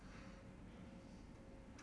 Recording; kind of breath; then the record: one breath in and out by a microphone near the nose and mouth; normal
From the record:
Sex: male